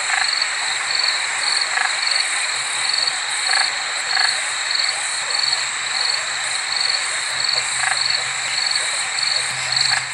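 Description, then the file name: Spotted marsh frog calling with short clicking tok notes, repeated at irregular intervals of about half a second to four seconds, over a steady high-pitched insect drone. "limnodynastes tasmaniensis"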